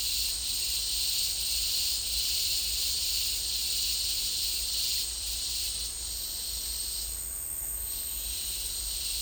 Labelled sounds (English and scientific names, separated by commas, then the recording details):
none
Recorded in dense forest near Puerto Asís, Putumayo, Colombia, on 26 December 2024 at 09:30
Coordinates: 0.485, -76.318
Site GP03